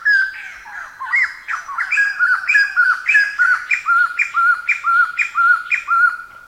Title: White-crested Laughingthrush (Garrulax leucolophus)